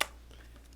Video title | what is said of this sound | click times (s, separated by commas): How to Fix a Broken Nikon F100 Door Latch | and it should snap right into place | 0.0 s